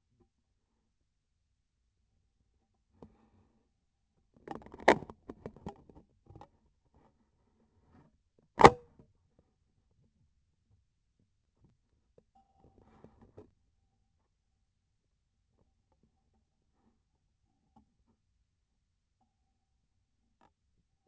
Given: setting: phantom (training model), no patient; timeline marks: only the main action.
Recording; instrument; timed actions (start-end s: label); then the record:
laparoscopic instrument, vibration sensor on the handle end; scissors
8.52-9.00 s: cutting PTFE tape
From the record:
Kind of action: gesture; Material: PTFE tape